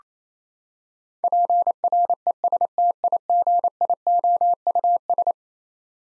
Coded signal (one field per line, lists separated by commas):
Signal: Morse code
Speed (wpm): 28 wpm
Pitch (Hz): 700 Hz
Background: none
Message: PRESTIGIOUS